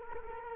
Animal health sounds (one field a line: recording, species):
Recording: mosquito wingbeat signal from an infrared sensor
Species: Culex quinquefasciatus